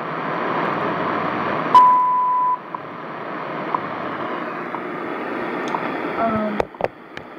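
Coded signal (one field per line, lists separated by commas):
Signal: radio time signal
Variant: WWV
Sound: shortwave hiss, then one steady high beep lasting under a second, then hiss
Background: radio static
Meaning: A 1 kHz tone of 0.8 s marks the start of a minute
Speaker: not exactly it's 9:30 so Hawaii is identifying right now and here in a minute you'll hear Colorado identified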